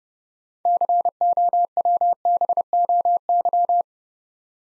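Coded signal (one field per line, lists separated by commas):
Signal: Morse code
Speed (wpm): 29 wpm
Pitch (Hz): 700 Hz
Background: none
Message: COWBOY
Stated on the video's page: Morse practice at 30 wpm building 6-letter words two letters at a time, for instant character recognition training.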